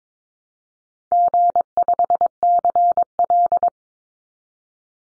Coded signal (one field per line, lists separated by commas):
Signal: Morse code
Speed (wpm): 22 wpm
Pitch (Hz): 700 Hz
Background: none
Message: G5CL